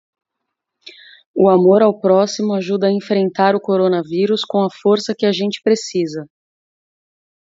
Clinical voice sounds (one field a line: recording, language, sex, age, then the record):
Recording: spoken sentence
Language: Brazilian Portuguese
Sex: female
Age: 30 to 39 years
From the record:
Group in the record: control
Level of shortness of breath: 0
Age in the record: 37 years